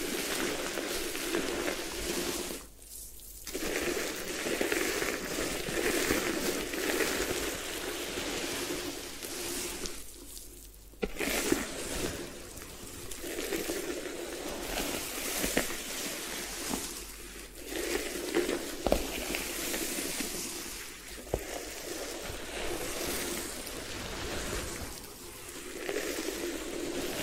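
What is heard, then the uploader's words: Hair washing at a head spa, a dense steady rush of running water and wet scrubbing, briefly dipping around 3 and 11 seconds. Head Spa Hair Wash, Massage, Ear Cleaning.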